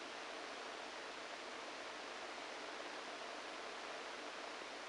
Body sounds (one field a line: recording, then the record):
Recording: brain microelectrode recording played as sound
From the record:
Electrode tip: inside the subthalamic nucleus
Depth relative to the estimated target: 0 mm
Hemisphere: right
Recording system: NeuroSet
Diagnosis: Parkinson's disease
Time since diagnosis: 14 years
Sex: male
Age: 51 years